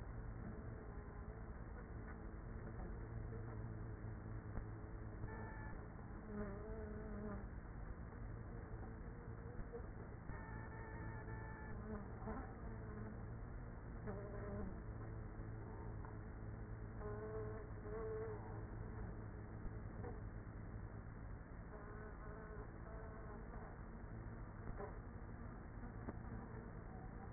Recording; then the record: honeybee colony, microphone inside the hive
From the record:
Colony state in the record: queenless with a low population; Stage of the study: after two queens were removed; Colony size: about 30,000 bees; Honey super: no